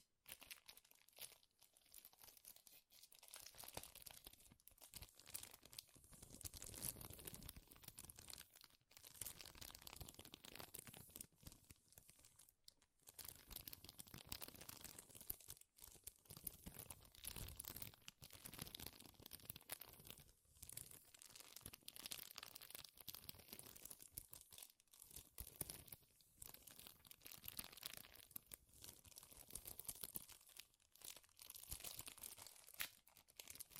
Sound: Powerful Crinkles